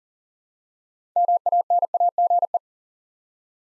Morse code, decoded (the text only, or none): MANAGE